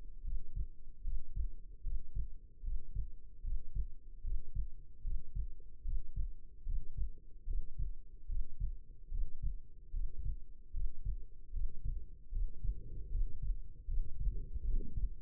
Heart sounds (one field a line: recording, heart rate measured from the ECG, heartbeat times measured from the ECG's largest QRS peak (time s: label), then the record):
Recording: heart sounds by stethoscope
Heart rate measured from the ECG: 75 bpm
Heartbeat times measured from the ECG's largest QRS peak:
0.22 s: heartbeat
1.03 s: heartbeat
1.82 s: heartbeat
2.62 s: heartbeat
3.42 s: heartbeat
4.22 s: heartbeat
5.02 s: heartbeat
5.83 s: heartbeat
6.64 s: heartbeat
7.46 s: heartbeat
8.27 s: heartbeat
9.10 s: heartbeat
9.92 s: heartbeat
10.72 s: heartbeat
11.52 s: heartbeat
12.31 s: heartbeat
13.09 s: heartbeat
13.86 s: heartbeat
14.63 s: heartbeat
From the record:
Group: healthy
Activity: breath hold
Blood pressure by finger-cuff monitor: 111/76 mmHg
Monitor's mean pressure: 85 mmHg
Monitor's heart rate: 75 bpm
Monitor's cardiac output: 5.7 L/min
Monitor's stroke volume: 78 mL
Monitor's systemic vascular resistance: 1070 dyn s/cm5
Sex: female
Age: 22 years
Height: 171 cm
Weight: 65.6 kg